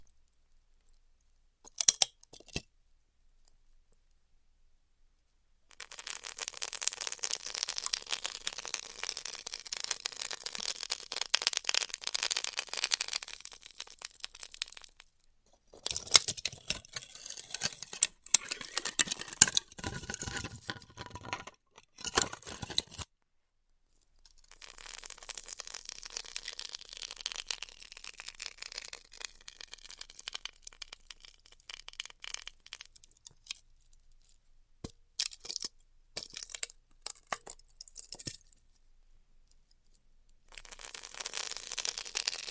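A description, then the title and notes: Styrofoam is being cut with a hot wire in long hissing, crackling passes, each lasting several seconds, from about 6 to 15, 24 to 35, and after 41 seconds. Between them come sharper snaps, clicks and brief tearing sounds, with short silences. ASMR Styrofoam Heat Cutting (No Talking).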